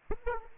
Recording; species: mosquito wingbeat signal from an infrared sensor; Aedes aegypti